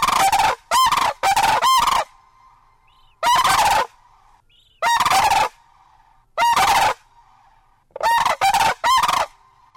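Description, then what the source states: Sandhill Crane unison call: loud, rattling bugled notes, singly or in short bursts, separated by short pauses and repeated throughout, with faint softer calls between. Lesser sandhill cranes, a mated pair standing together giving a unison call; the male holds its beak straight up, the female at 45 degrees.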